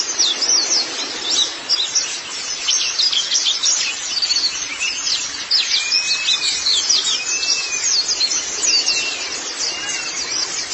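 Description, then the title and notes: White-eye song: energetic, high-pitched chattering twitter, with a few longer, lower whistled slurs partway through. "Kicauan Burung Pleci Durasi Panjang. Suara kicauan burung pleci"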